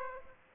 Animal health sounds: mosquito wingbeat signal from an infrared sensor; Aedes aegypti

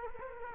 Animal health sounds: mosquito wingbeat signal from an infrared sensor; Culex quinquefasciatus

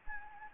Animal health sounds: mosquito wingbeat signal from an infrared sensor; Anopheles gambiae

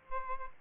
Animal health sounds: mosquito wingbeat signal from an infrared sensor; Aedes albopictus

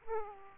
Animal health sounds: mosquito wingbeat signal from an infrared sensor; Aedes aegypti

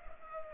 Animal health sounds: mosquito wingbeat signal from an infrared sensor; Culex pipiens

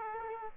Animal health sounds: mosquito wingbeat signal from an infrared sensor; Aedes aegypti

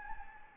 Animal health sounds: mosquito wingbeat signal from an infrared sensor; Anopheles gambiae

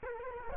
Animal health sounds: mosquito wingbeat signal from an infrared sensor; Culex quinquefasciatus

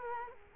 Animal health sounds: mosquito wingbeat signal from an infrared sensor; Culex quinquefasciatus

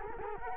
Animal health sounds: mosquito wingbeat signal from an infrared sensor; Culex quinquefasciatus

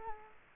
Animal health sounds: mosquito wingbeat signal from an infrared sensor; Culex quinquefasciatus

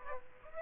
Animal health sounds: mosquito wingbeat signal from an infrared sensor; Aedes aegypti

